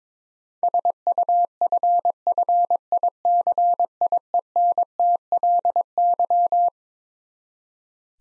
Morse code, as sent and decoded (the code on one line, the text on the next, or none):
... ..- ..-. ..-. .. -.-. .. . -. - .-.. -.--
SUFFICIENTLY